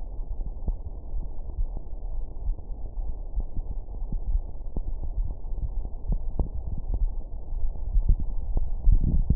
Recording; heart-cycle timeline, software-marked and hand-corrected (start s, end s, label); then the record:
heart sounds
not marked
From the record:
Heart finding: coronary artery disease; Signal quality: poor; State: rest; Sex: male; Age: 55 years